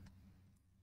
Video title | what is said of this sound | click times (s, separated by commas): This brush is time saver to clean bathrooms and even cars | you hear a click, it's locked. | 0.1 s